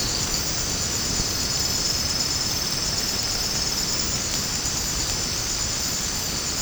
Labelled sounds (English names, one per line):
none